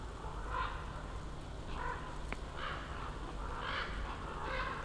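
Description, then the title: Common raven croaks, four or five hoarse, drawn-out calls at roughly one-second intervals, with a soft low background rumble. Several ravens circling for over ten minutes over a mountain slope at Patnik, Goworów, Poland, heard from among young beeches beneath them on a New Year's walk; Zoom F4, AT BP4025. "Patnik mountain side, Goworów, Poland - Circling ravens"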